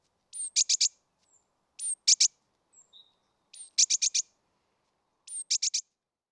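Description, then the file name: Great tit calls: a sharp high note then two or three harsh, buzzy chattering notes, repeated about every one and a half seconds. "Parus major"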